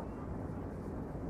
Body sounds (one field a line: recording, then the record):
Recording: background sound without coughing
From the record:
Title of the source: Train Ride Ambience ambient white noise for sleeping, focus, studying, reading